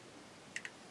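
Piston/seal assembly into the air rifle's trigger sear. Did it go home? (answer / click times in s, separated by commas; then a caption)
yes / 0.6 s. During reassembly of a Huben K1 version 2 air rifle, the piston assembly with its seal and spring is pushed in until the trigger sear catches it. A sharp click sounds at 0.6 s, followed by a second, slightly softer click at 0.7 s, against a quiet background. The piston is seated and held by the trigger.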